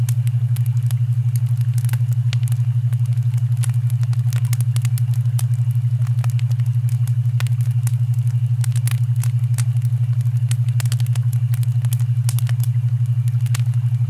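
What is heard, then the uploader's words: Campfire crackling pops and snaps irregularly over a steady, deep low hum that never changes for the whole recording. The crackles are sharp, coming every fraction of a second, some brighter and louder than others, with a faint hiss between them. S'mores at dusk in Yosemite National Park (Delta: 1-4 Hz.) Campfire soundscapes combined with delta waves.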